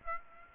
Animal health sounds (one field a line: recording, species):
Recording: mosquito wingbeat signal from an infrared sensor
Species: Aedes aegypti